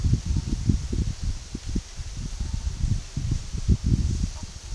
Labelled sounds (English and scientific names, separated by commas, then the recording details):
none
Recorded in dense forest near Puerto Asís, Putumayo, Colombia, on 21 February 2024 at 13:30
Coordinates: 0.503, -76.322
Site G6418